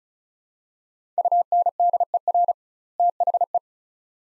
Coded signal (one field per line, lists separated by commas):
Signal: Morse code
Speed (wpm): 36 wpm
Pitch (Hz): 700 Hz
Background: none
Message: UNDER THE